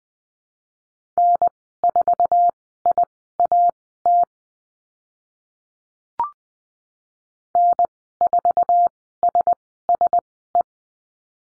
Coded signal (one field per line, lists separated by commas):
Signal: Morse code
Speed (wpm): 19 wpm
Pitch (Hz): 700 Hz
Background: none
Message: N4IAT N4SSE